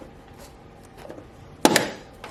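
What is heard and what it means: A flat-head screwdriver is wedged under a retaining clip on a door fitting (connector or check strap) at the hinge area of a BMW G30/F90 door, which is being removed for body shop repair because it scratched against the fender. After quiet low-level handling noise, the clip is levered up and releases with a sharp click at 1.6 s, followed by a second hit at 1.8 s and a decaying rattle. The clip is released.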